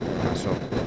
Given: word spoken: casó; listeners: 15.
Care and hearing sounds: one Spanish word in noise, from a listening test; noise modulated by three-talker babble; -5.3 dB; 0 of 15; 10 of 15; 0.47 s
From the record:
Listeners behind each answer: 10, 1, 1, 1, 1, 1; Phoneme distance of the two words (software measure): 10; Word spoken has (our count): 2 syllables, 4 phonemes, stress on syllable 2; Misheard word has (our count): 2 syllables, 4 phonemes, stress on syllable 2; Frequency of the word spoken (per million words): 8.53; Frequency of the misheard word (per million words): 109.09

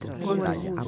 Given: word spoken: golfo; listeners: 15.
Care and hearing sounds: one Spanish word in noise, from a listening test; four-talker babble; -2.8 dB; 0 of 15; 7 of 15; 0.48 s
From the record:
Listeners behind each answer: 7, 2, 1, 1, 1, 1, 1, 1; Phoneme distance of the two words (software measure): 58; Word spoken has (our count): 2 syllables, 5 phonemes, stress on syllable 1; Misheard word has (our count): 3 syllables, 7 phonemes, stress on syllable 3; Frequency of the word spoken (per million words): 16.36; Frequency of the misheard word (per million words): 16.08

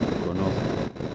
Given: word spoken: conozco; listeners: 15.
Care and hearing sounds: one Spanish word in noise, from a listening test; noise modulated by three-talker babble; -4.5 dB; 5 of 15; 6 of 15; 0.75 s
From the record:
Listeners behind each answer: 6, 5, 1, 1, 1, 1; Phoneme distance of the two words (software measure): 17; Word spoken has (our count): 3 syllables, 7 phonemes, stress on syllable 2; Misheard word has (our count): 3 syllables, 6 phonemes, stress on syllable 2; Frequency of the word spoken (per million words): 28.76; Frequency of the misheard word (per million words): 66.14

